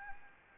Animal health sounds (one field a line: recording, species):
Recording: mosquito wingbeat signal from an infrared sensor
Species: Anopheles gambiae